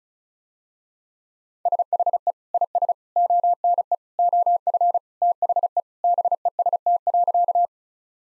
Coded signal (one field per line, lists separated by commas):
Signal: Morse code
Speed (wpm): 36 wpm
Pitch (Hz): 700 Hz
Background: none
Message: SHE IS ONE OF THE BEST.